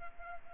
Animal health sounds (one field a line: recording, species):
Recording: mosquito wingbeat signal from an infrared sensor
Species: Culex pipiens